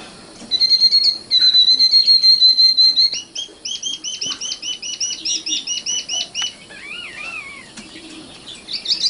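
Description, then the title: Oriental magpie-robin song: varied whistled phrases, a long trilled whistle, then a rapid run of repeated sweeping notes and a few lower slurred whistles. "Kicau Kacer"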